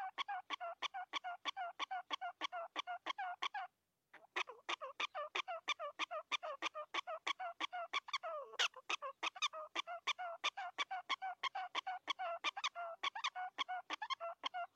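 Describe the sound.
Prairie dog barking chirps, steady rapid squeaky notes about three per second, a brief break near four seconds, then continuing without let-up.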